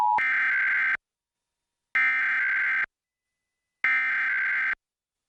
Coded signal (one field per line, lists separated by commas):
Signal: Emergency Alert System (SAME) tones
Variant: header bursts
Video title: (Fail?) EAS Required Monthly Test on Fox 5 Atlanta (WAGA-HD) (2/21/2024)